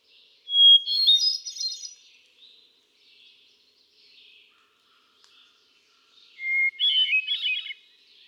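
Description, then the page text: Hermit thrush delivering two songs about six seconds apart, each a clear whistled note followed by a bright cascade of fluty trills, with soft faint notes between. Male singing, cycling through a repertoire of about ten different songs; recorded 13 June 2006 at Quabbin Park, Ware, Massachusetts. "Birdsong for the Curious Naturalist. Hermit thrush"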